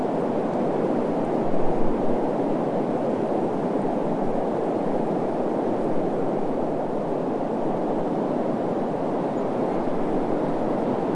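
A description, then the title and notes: Steady wind rushes in a dense, even wash, with rustling leaves and rippling water blended in and a slight swell near two seconds. Wind Over Pink Lake. A hot day. A light breeze turns into a cooler wind. The leaves rustle, the lake ripples, the wind placates the heat.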